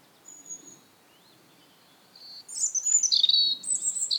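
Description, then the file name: European robin song: faint drawn-out high whistles at first, then a louder cascade of thin, sliding, liquid notes over the final two seconds. "Erithacus rubecula"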